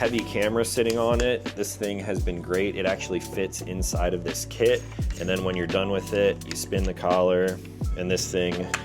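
Someone talks over background music while handling a compact tripod or extension pole that fits inside a gear kit, which is said to work well unless it's windy or holding a heavy camera. At the end, the collar is about to be spun so the telescoping sections collapse and lock, but nothing has seated or clicked yet.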